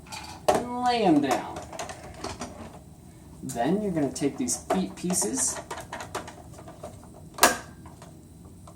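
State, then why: Seated. Someone talks while pushing a plastic foot piece into the leg of a large Titans Return Fortress Maximus Titan-class transforming toy figure. Softer handling clicks and taps come in between, then a sharp, loud click at 7.4 s as the foot piece seats into place.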